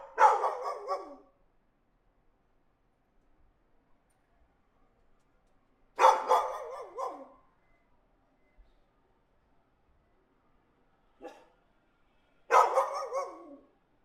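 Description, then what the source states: Dog barking in three short bursts of several barks each, about six seconds apart, with quiet between them. Dog barking in an alley, recorded from a third-floor balcony.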